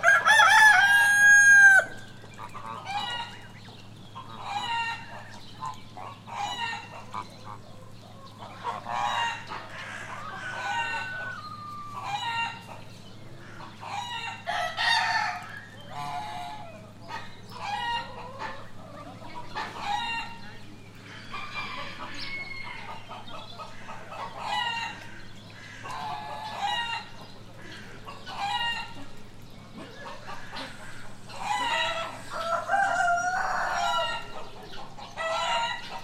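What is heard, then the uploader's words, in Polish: Poultry outside their pen: ducks, chickens, roosters and turkeys calling over one another. A loud crow opens the first two seconds, then dense, overlapping clucks, quacks and squawks continue steadily throughout, with a low constant hum underneath. Uniwersytet Przyrodniczy, krzyk drobiu nieświeży. Lokalizacja: Biskupin, Kożuchowska. Nagranie podczas czyszczenia kurnika na terenie Uniwersytetu Przyrodniczego. Kaczki, kaczory, kury, koguty i indory podczas spaceru na zewnątrz zagrody. Słyszalny szum klimatyzatorów na zewnatrz budynku.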